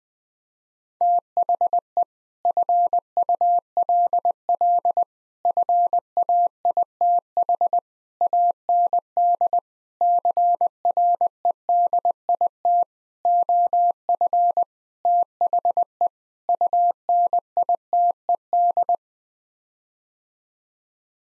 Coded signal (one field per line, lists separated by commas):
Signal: Morse code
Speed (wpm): 20 wpm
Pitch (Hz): 700 Hz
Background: none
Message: THE FULL FAITH AND CREDIT OF THE UNITED